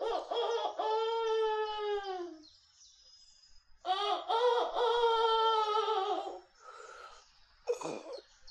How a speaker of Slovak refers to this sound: Čo to? Kohút tu v lese? Asi som priveľmi tuho spal. Cesta ma unavila. Predsa len je tu kohút. A priamo nado mnou má aj zlatý hrebienok. Hej, kohútik, zlatý hrebienok. Teba asi niečo trápi, keď tak smutne kikiríkaš.